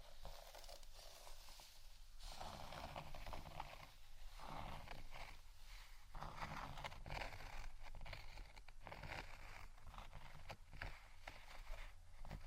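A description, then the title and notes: Continuous scratching fills the whole twelve seconds, a dense rasping texture that swells and eases in uneven strokes roughly every second or two, with occasional sharper clicks. A steady low hum runs underneath throughout. ASMR Scratching Only（No Talking）.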